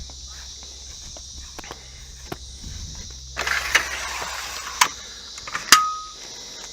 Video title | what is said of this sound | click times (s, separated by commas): Our Guide To Setting Up The Aussie Traveller Sunburst Eclipse Awning | There we go. Okay, so that's all nice, locked into place. | 5.7 s